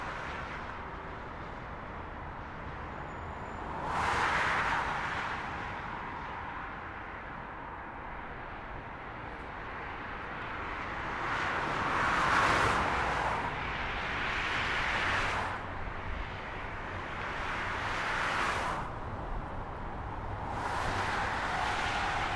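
Steady motorway roar from above, with individual vehicles swelling past about every three to four seconds, brightest near 4, 12, 15 and 21 seconds.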